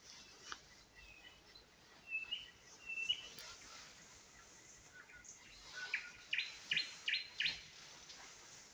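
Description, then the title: Nightingale song: sparse thin whistles early, then a run of four loud stacked notes near the end over a quiet background. Spring song recorded near Huncha, Vinnytsia Oblast, Ukraine. "Гунча, Вінницька область, Україна, - Spring, nightingale singing"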